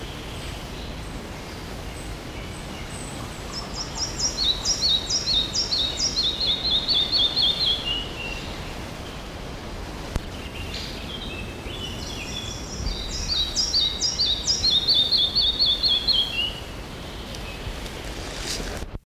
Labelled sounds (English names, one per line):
Red-breasted Flycatcher song